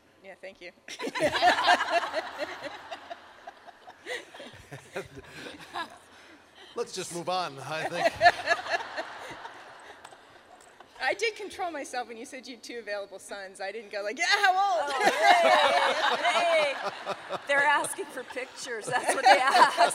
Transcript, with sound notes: Yes, thank you. (laughter)
Let’s just move on, I think. (laughter)
I did control myself when you said you had two available sons. I didn’t go, “Yeah, how old!”
They’re asking for pictures, that’s what they ask.